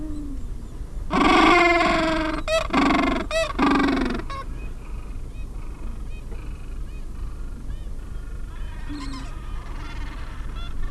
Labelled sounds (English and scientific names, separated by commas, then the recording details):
Gentoo Penguin (Pygoscelis papua)
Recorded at the colony at Petermann, Antarctica, on 20 January 2015
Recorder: Song Meter SM2+